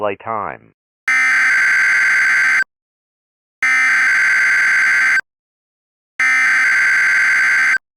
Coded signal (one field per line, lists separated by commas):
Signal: Emergency Alert System (SAME) tones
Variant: header bursts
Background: speech